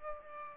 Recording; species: mosquito wingbeat signal from an infrared sensor; Aedes aegypti